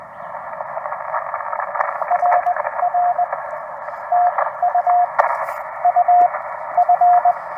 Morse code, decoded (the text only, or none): RR TU UF